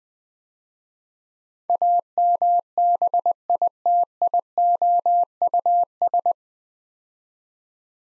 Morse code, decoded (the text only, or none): AMBITIOUS